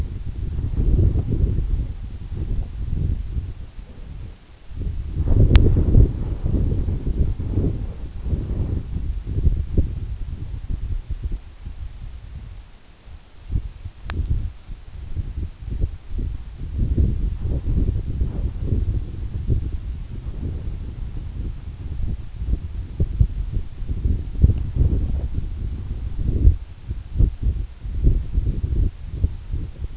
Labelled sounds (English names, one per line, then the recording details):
none
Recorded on Arctic tundra, site EABA-1, on 27 June 2018
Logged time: 12:00